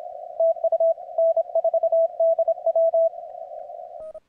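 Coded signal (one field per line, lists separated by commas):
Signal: Morse code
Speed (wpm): 26 wpm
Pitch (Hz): 660 Hz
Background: radio noise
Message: TU N4DW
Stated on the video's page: CWT contest operation on 80 m.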